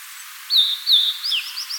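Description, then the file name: Blue-and-white flycatcher song: a level whistled phrase, then a downward-slurred note and a few short chirpy notes at the end. "Cyanoptila cyanomelana"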